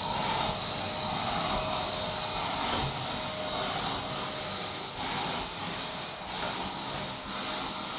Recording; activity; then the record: daily activity, microphone in the room; vacuum cleaning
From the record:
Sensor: 3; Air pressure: 1002.0 hPa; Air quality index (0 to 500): 248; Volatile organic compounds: 52 ppm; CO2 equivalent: 3321 ppm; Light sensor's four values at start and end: 5/15/6/6 and 12/36/16/13